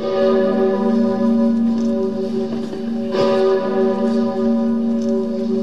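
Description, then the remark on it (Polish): The Sigismund Bell in Kraków, a huge cathedral bell, tolls at a quarter to ten with a deep, droning hum of layered tones that rings on steadily, with a fresh strike around the middle swelling the resonance before it settles again. “Kwadrans przed 10 rozdzwonił się w Krakowie dzwon Zygmunta.”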